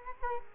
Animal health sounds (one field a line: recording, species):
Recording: mosquito wingbeat signal from an infrared sensor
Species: Culex quinquefasciatus